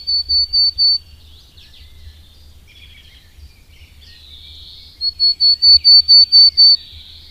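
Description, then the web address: Willow tit song with four pure repeated whistles, a pause with soft background chatter, then a longer string of about nine equal whistled notes. "Madardalok - Kormosfejű cinege"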